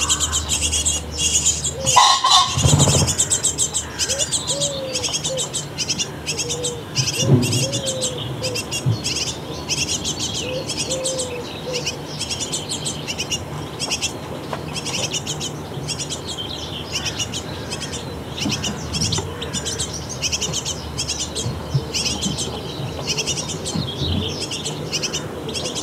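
Dense, constant high chirping of nestling birds begging for food, with louder calls and a low thump near the start.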